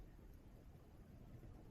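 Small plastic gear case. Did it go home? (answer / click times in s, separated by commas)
no / none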